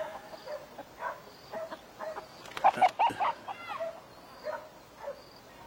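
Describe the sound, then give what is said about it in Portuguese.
Chickens clucking in a loose series of short, throaty bursts, a few louder squawk-like calls bunching together in the middle before the clucks thin out again over a faint background hiss. “Galinhas.”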